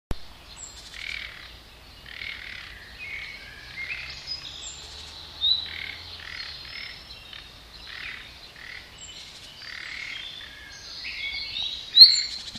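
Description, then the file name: Common nightingale singing a run of chirps and short whistled notes, ending with one sharp, loud high note. "Luscinia megarhynchos"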